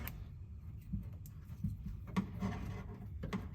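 A new LED board from Abstract Ocean, a brighter interior LED upgrade for a Tesla Model X, is handled as it is slid back toward its plastic interior dome light housing. Soft handling and rubbing noises are heard, with brief sharp taps at about 0.1, 2.2 and 3.3 seconds. The board has not seated or clicked into the housing yet.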